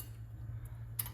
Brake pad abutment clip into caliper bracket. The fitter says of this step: make sure they're in that spot, and then you'll kind of feel them click into place.